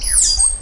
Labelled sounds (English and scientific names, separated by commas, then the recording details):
Stitchbird (Notiomystis cincta) song
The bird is a male
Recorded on Tiritiri Matangi Island, New Zealand, in 2005
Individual 12, of nest box 16